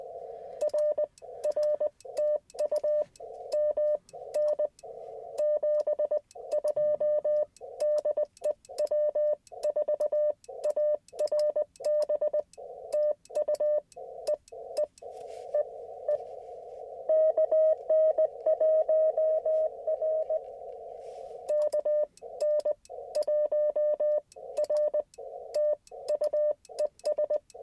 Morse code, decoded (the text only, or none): R R TU MN 72 DE W4ARB TU E E E E KN1R KN1R TU ES